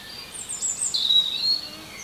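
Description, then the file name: European robin song: a brief phrase of thin high whistles with a clearer sliding note in the middle. "Erithacus rubecula"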